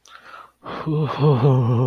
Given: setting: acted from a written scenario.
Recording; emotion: vocal sound without words; ecstasy